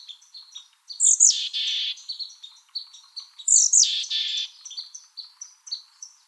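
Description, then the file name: Mexican Chickadee calls twice, each a high, slurred note followed by a harsh buzzy burst, separated by about two and a half seconds of faint high chips. "MECH CALLS 1 deviche"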